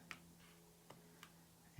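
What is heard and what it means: A square resin drill is placed onto a diamond painting canvas grid and snaps into place with a sharp click at 0.1 s. Fainter ticks follow at about 0.9 s and 1.2 s and a louder one at 1.8 s over a steady low hum. The drill is seated.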